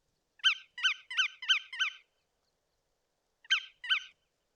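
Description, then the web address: Bar-tailed godwit giving five quick nasal notes, then a pause of over a second, then two more notes of the same kind. "Bar tailed Godwit. صدای-گیلانشاه-حنایی"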